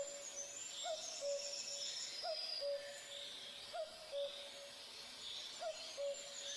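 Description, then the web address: Common cuckoo sounding its familiar descending two-note call four times at uneven intervals, while thin high songbird notes and twitters run underneath. In forest. "Tajemnice puszczy Kukułka"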